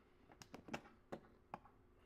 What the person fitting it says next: All right, the lid is snapped into place.